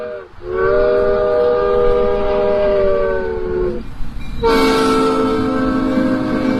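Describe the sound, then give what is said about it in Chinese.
The small Alice train, two small carriages like a small steam train with red wheels, runs on the railway encircling the Alice House book café, carrying visitors. It sounds two long, steady, harmonic whistle blasts separated by a brief pause, loud over a constant low mechanical rumble. “建筑物四周有铁路环绕，铁路上的爱丽丝列车只有两节小车厢，可爱的爱丽丝列车将会把游客带到爱丽丝仙境。”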